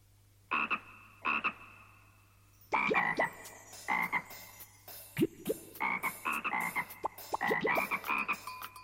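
Two distinct frog croaks open, then a dense run of rapid, overlapping croaks follows in an uneven rhythm, loud and throaty with a bright ringing edge, over a faint steady low hum.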